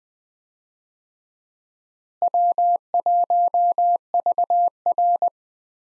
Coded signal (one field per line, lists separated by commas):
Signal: Morse code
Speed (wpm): 20 wpm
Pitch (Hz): 700 Hz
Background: none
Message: W1VR